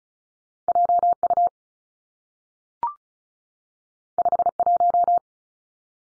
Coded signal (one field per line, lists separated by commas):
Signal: Morse code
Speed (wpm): 36 wpm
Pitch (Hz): 700 Hz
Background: none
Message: J U 5 1